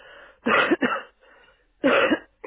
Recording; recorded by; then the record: voluntary cough; telephone call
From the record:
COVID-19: positive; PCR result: checked with the laboratory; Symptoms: yes